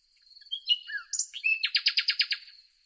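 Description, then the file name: Common nightingale phrase of mixed whistles and buzzy notes leading into a rapid series of loud, repeated pulsing notes. "Luscinia megarhynchos"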